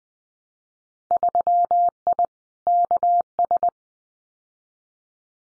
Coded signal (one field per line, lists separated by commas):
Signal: Morse code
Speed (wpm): 20 wpm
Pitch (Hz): 700 Hz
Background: none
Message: 3I KS